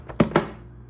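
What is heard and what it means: A plastic refrigerator ice dispenser panel is pushed into the fridge door and its clips snap in on both sides. Two quick, sharp clicks are heard at 0.2 s and 0.4 s, and the panel is seated.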